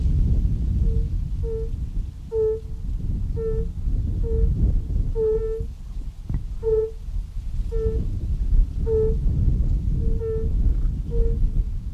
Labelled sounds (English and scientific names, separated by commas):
Fire-Bellied Toad (Bombina bombina) call